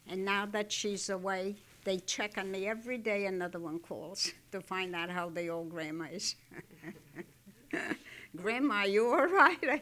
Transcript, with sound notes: And now that she's away, they check on me every day, another one calls to find out how the old grandma is. ( she laughs ) "Grandma, are you all right?"